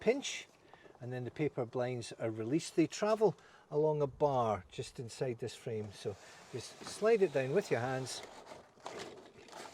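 A pleated paper side-window blind in the passenger door of a Knaus Boxstar 600 campervan is pinched to release it and slid down by hand along a bar just inside the frame, heading toward its end stop where magnets hold it. Someone talks throughout, with a brief sharp sound near 8.9 s. Nothing has clicked into place yet.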